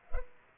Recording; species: mosquito wingbeat signal from an infrared sensor; Culex pipiens